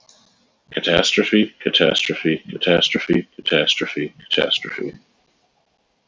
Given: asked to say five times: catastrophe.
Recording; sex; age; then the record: repeated word; male; 30 to 39 years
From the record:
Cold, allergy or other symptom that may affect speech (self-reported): no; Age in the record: 31 years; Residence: Arizona, United States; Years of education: 17